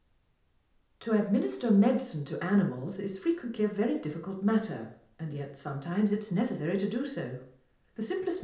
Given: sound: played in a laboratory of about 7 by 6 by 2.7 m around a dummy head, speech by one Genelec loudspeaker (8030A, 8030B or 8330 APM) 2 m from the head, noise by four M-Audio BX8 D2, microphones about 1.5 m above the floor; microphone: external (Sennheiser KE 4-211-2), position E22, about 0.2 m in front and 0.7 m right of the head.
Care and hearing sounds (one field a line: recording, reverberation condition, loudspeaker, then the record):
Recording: female speech in English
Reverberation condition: medium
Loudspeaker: 120 degrees to the right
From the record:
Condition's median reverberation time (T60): about 510 ms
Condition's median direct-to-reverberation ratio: about -0.5 dB